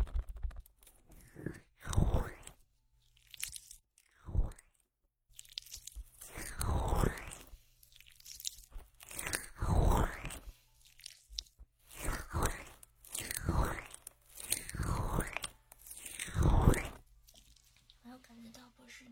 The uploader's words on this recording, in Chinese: 超爽の芦荟胶耳朵SPA。